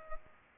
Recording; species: mosquito wingbeat signal from an infrared sensor; Culex pipiens